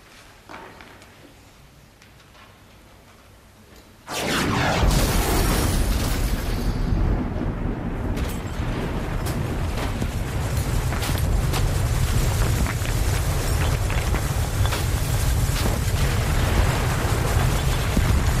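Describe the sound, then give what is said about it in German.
After a few seconds of low, quiet hum, a sudden thunderclap booms through a house, making the windows rattle. It then rolls on as a loud, sustained, deep rumbling roar until the end. “Ein Donnerschlag dröhnte durch das Haus.”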